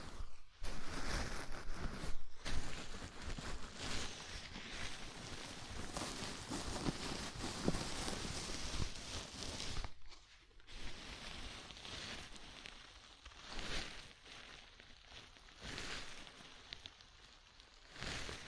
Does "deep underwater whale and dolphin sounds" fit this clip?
no